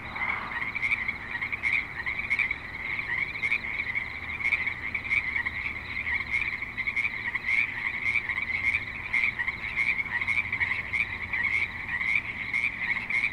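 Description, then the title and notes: Continuous frog chorus of high, pulsing trills repeated rapidly, with a low steady hum of traffic and suburban background. At a creek in Spanish Springs, Nevada, with light traffic and other suburban sounds. "Frogs in Spanish Springs, NV - creek view. Frogs with light traffic and other suburban sounds"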